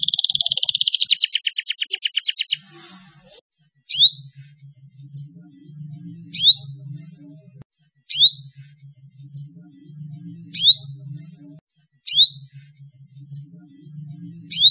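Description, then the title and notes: Atlantic canary opening with a fast rattling trill, then single sharp rising chirps repeated roughly every two seconds over a soft low hum. Bird lure sound. "Pikat Burung Baru. kenari"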